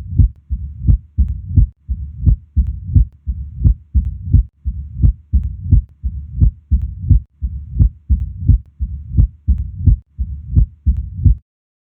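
Mitral stenosis in an adult heart heard through a stethoscope: a regular run of sharp heartbeats, each followed by a low-pitched rumbling murmur.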